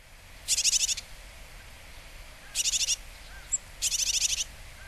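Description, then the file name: Japanese tit calling three times, each a rasping, rapidly pulsed buzz about half a second long, with a single sharp high note between the last two. Recorded in Hyogo, Japan, in August. "sijuukara 6 0803 hyogo kaji"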